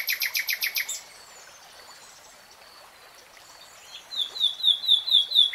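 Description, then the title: Nightingale song: a loud rattled phrase of repeated harsh notes, a pause, then a series of bright, sharp, quick repeated notes. Nightingale singing, from a three-hour real-time recording. "[Tiếng chim hót] Nightingale Singing"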